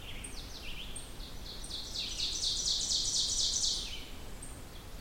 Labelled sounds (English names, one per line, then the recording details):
Ovenbird song
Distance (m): 40 m
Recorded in boreal forest in Alberta, Canada, on 16 June 2016 at 08:06
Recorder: SongMeter 3, array SBT-3-32
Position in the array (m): 142 m, 27 m
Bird 36